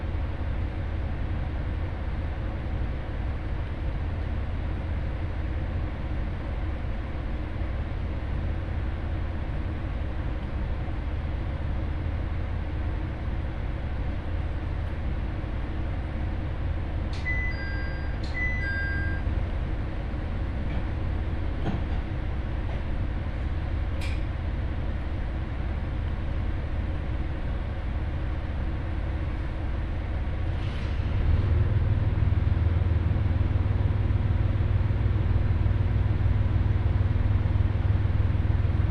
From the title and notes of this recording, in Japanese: 耳で楽しむ鉄道旅 井原鉄道 早雲の里荏原→総社。